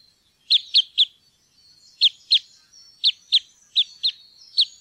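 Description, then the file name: Red crossbill calls: loud, sharp kip notes given in quick pairs and triplets, with brief pauses between groups and a faint thin whistle behind. "grankorsnebb"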